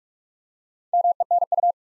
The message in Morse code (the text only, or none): MENU